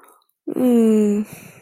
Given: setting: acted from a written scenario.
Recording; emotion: vocal sound without words; sympathy